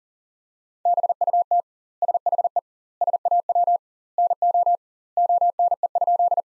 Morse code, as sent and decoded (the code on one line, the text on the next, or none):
-... ..- - / ... .... . / ... .- .-- / -. --- / --- -. . ..--..
BUT SHE SAW NO ONE?